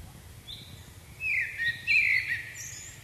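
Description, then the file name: Common blackbird delivering a short warbled phrase after a faint high note, two fluty bursts finishing in high squeaky chatter, with soft low rumble beneath. "Turdus merula"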